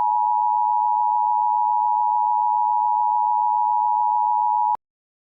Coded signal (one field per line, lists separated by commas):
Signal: Emergency Alert System (SAME) tones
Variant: 853 and 960 Hz attention tone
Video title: EAS Scenario: Absolutely Radioactive Part 7